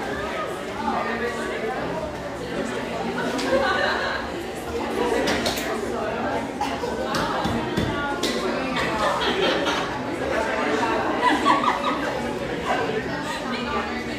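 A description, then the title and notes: Steady crowd chatter fills a busy indoor room, many voices overlapping with no single speaker standing out. Occasional brief clinks of dishes and cutlery rise through the murmur, especially around the middle and near the end, over a low room hum. Riverside on Portland's east Willamette banks, this industrial neighborhood sports some quality coffeehouses, including this mellow, exposed-brick gem frequented by railyard staff.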